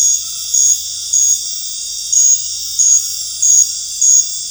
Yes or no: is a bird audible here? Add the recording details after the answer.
no. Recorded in dense forest near Puerto Asís, Putumayo, Colombia, on 13 March 2025 at 20:00. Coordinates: 0.484, -76.317. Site G064